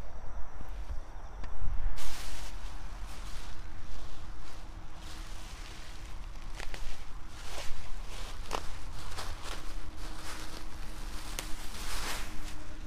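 Garlic being planted: cloves set into holes, then soil scraped and pushed over them in repeated rustling, gritty strokes. A steady low hum runs beneath throughout, with a few sharp clicks around 1.5, 7, 8.5 and 11 seconds.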